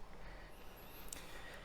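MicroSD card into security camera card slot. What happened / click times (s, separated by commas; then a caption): The memory card latched into its slot / 1.1 s. A 32 GB Micro Center microSD card is pushed firmly into the card slot of a Reolink Duo security camera until it latches, needing a good hard push to go in. Over a steady low background hiss, a single sharp click is heard at 1.1 s as the card seats.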